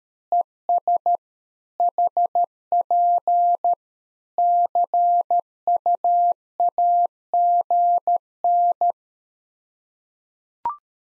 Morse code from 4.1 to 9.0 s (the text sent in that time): CUAGN